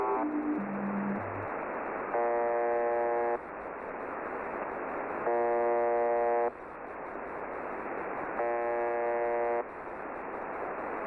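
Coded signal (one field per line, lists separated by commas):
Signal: channel marker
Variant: UVB-76 (The Buzzer)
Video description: I noticed the quiet buzz come back on,while inadvertently tuned to the suppressed LSB side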